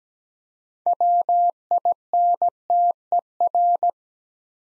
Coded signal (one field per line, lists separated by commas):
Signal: Morse code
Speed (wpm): 17 wpm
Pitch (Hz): 700 Hz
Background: none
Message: WINTER